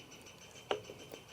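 A locking awl inserted in an ECHO Speed Feed 400 string trimmer head is turned with the head until it drops into place in the drive disc, giving a sharp click at 0.7 s. A fainter tick follows at 1.1 s over a quiet background. The awl is seated, locking the disc.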